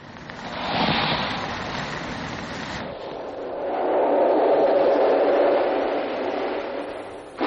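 Heavy, continuous roaring noise of rough sea waves growing bigger and strengthening wind around a ship at sea, surging loudly in the first seconds, cutting off abruptly, then swelling again into a steady broad rush with a faint tonal hum.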